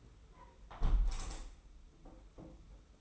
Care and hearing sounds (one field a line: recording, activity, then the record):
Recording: daily activity, microphone in the room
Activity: close window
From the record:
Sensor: 1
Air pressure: 991.3 hPa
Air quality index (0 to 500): 103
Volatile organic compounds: 69 ppm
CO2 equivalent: 3513 ppm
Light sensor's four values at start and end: 37/116/46/47 and 37/116/46/47